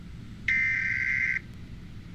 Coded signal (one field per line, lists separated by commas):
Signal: Emergency Alert System (SAME) tones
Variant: header bursts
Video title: EAS scenario 3 India versus America